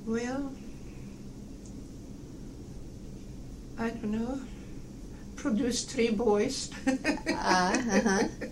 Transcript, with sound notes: Well, I don't know. Produced three boys (laughs)
Uh-huh.